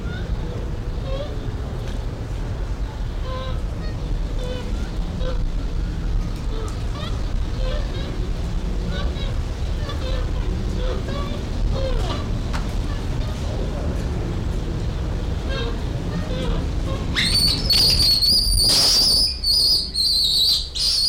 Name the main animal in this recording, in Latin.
Cebus olivaceus